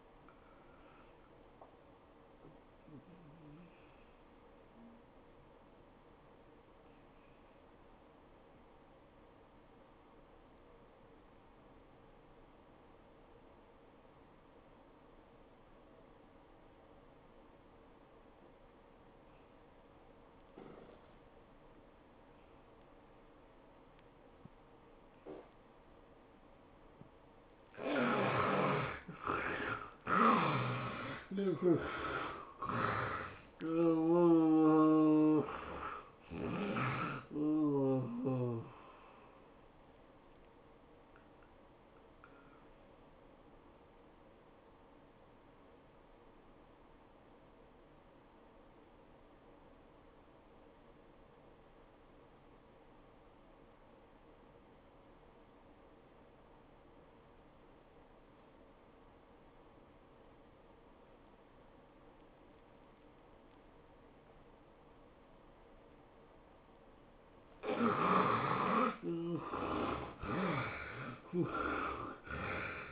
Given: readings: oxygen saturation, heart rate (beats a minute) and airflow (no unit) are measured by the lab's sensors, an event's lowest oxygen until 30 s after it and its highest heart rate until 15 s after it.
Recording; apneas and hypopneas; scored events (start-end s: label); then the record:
breathing in sleep by a voice recorder at the bedside; 2
6.00-28.50 s: obstructive apnea (N1, oxygen 97% highest, then 70% lowest, heart rate 93 at the start, 107 highest)
50.00-72.92 s: new sleep stage, N2 (light sleep)
51.00-68.10 s: obstructive apnea (N2, oxygen 96% highest, then 70% lowest, heart rate 83 at the start, 104 highest)
From the record:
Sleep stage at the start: N1 (lightest sleep); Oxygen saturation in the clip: 70 to 97%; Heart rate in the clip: 72 to 107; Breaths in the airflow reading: 7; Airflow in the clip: -14.0 to 12.6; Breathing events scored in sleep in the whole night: 403 in 5.5 hours asleep